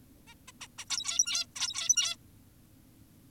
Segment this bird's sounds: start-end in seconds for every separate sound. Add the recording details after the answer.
0.28-0.34, 0.48-0.52, 0.61-0.68, 0.78-0.85, 0.90-1.46, 1.56-2.16. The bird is an adult. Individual g17y2U